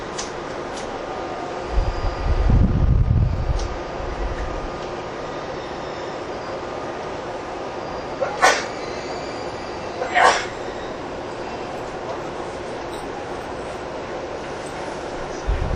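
Inside a Saikyo Line rapid train, a steady rumbling hum runs throughout, with a low thump near three seconds and brief squealing bursts around eight and ten.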